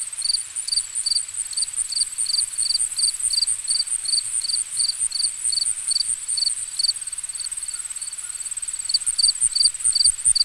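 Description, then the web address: Crickets chirping in a series of short high pulses, with a thin continuous high trill above and faint low thumps beneath. Ambient nature recording of crickets. "Dr Sound Effects. Crickets and Frogs In the Distance"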